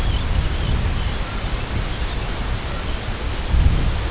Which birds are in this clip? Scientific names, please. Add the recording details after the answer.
Sterna paradisaea. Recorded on Arctic tundra, site CORI-1, on 18 June 2018. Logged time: 04:00